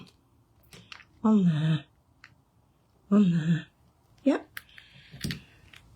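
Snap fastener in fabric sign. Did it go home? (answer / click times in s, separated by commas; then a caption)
no / none. Someone talks while pressing a snap fastener into a hole in the fabric of a Christmas hanging sign, with faint taps and handling sounds between the words. The snap has not clicked or seated, a sign that it is not lined up.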